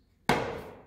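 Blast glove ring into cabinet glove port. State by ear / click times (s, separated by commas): seated / 0.3 s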